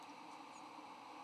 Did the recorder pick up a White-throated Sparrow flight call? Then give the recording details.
no. Another species' flight call is heard. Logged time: 01:15 on 8 November 2014